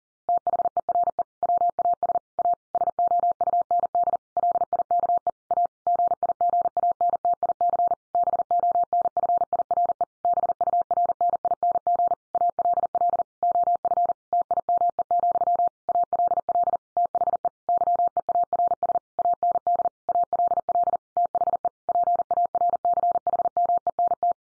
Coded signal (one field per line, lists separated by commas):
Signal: Morse code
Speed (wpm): 40 wpm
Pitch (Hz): 700 Hz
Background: none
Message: THERE WAS A SOUND LIKE A GIGANTIC BONFIRE BURNING ALL OF TIME, ALL THE YEARS AND ALL THE PARCHMENT